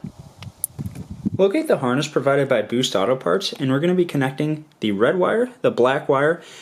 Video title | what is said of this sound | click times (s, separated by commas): 2014 - 2019 GM Cargo Lights in Drive Override (Silverado & Sierra) | and press it until you can feel it click you may need to use some needle nose pliers to help crimp it down | 0.6 s